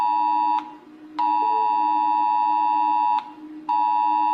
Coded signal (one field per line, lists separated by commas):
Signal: Emergency Alert System (SAME) tones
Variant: 853 and 960 Hz attention tone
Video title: Rating EAS Sounds by how scary they are | Gwape